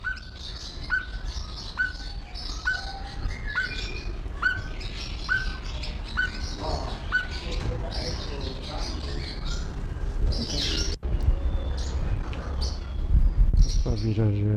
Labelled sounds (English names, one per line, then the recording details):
Speckled Tinkerbird call
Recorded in captivity
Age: adult
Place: Zoo Berlin, Berlin, DE
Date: 1994-08-06 12:09
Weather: wolkig bis heiter, 24-28°C
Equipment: Marantz CP 430, Sennheiser ME 80, Kopie Uher Variocord 263
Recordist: Tembrock, Günter